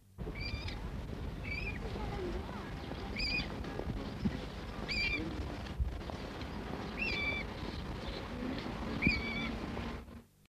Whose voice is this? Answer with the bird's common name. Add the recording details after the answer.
Common Moorhen. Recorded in the wild. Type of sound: call. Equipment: Halbspur, 9,5 cm/s. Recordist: Lütgens, Hans. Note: Junge etwa 3 Tage alt